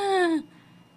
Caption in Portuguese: A asma ela é uma doença crônica. Ela tem a característica aí de que há uma obstrução dos bronquíolos. A gente vai ter uma produção de muco nessa região e essa produção vai fazer com que os sintomas da asma apareçam, como, por exemplo, o sibilo, que é um som parecido com esse, assim, ó, como se fosse um piado.